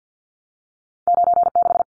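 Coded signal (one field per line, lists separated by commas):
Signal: Morse code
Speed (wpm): 50 wpm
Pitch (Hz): 700 Hz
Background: none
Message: 96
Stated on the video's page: Head-copy drill of two-digit numbers at 50 wpm, each sent in Morse, spoken, then sent again.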